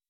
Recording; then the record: hydrophone in a shrimp aquaculture tank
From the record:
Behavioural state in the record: weakened